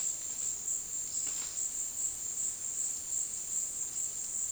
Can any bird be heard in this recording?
no